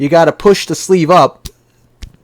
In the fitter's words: lock it unlock it and then pull the bit out that's awesome